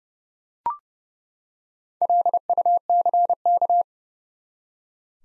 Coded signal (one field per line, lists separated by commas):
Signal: Morse code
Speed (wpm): 30 wpm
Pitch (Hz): 700 Hz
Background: none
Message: LUCK